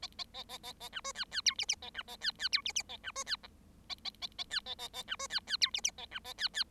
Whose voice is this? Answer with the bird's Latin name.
Lonchura striata domestica